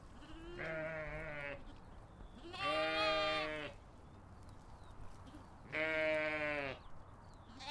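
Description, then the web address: Sheep giving three drawn-out bleats spaced a few seconds apart, the later two louder, with another beginning at the end, over steady background noise. Sheep on a farm. "Lynne Music 2 Animals-Sheep-Farm"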